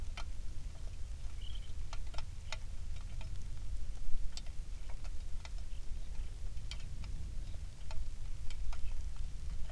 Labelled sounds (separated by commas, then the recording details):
songbird, wind, rain
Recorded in the Prudhoe Bay oil fields, Alaska, on 27 July 2019 at 18:13
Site 19